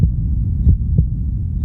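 A low, muffled lub-dub thump over a steady hum: a simulated heartbeat sound effect standing in for the listener's own heartbeat, as heard when listening hard in a silent anechoic chamber.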